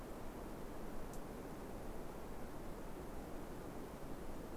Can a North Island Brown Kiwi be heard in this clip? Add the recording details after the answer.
no. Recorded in New Zealand on 3 December 2015. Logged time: 00:13. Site BZ73